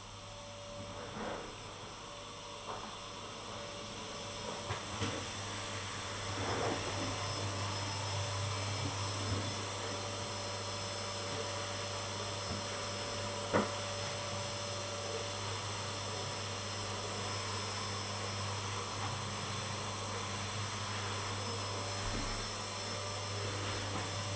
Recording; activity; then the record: daily activity, microphone in the room; vacuum cleaning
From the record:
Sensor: 4